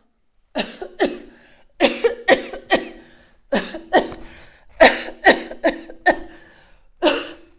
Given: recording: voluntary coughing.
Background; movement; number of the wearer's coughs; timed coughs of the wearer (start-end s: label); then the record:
quiet; sitting; 12
0.55-0.92 s: cough
0.98-1.33 s: cough
1.78-2.23 s: cough
2.26-2.62 s: cough
2.69-3.04 s: cough
3.50-3.88 s: cough
3.91-4.35 s: cough
4.78-5.17 s: cough
5.23-5.58 s: cough
5.62-5.96 s: cough
6.04-6.35 s: cough
7.01-7.46 s: cough
From the record:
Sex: female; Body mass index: 21.8 kg/m2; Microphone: on the chest, facing outward